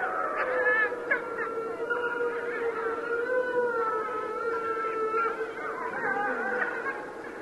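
Mexican wolf: wolves howling, a few short yips early on, then long steady howls held and overlapping with slight wavering pitch.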